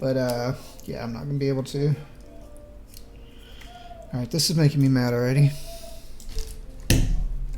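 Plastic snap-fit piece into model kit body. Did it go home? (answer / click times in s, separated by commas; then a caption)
no / none. Someone talks while pressing a plastic snap-fit piece into the body of a multicolor Bandai Hobby Pokémon Eevee model kit, with faint plastic handling sounds and a brief sharp sound near 6.9 s. Nothing has snapped into place: the piece is stuck, neither seated nor able to come back out.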